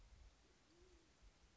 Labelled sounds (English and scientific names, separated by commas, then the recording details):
Band-tailed Pigeon (Patagioenas fasciata)
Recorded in Sonoma County, California